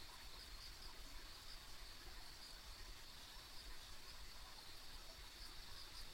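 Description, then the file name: Insect chorus giving a continuous high-pitched hum with small repeated chirps, with a broad low rushing noise underneath throughout. Ambient insect sounds along a country road. "田舎道の虫の環境音"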